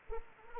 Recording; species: mosquito wingbeat signal from an infrared sensor; Anopheles arabiensis